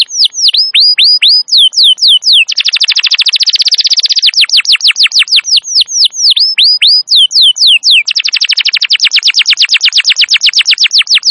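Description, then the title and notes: Canary song alternating groups of loud sweeping whistled notes with dense rapid buzzy trills, continuous throughout. Canary song described as long and very vigorous, used as a lure and master recording suited for training wild canaries. "Pikat Kenari GACOR PANJANG INI Cocok Untuk Masteran KENARI LIAR. Masteran burung kenari gacor parah"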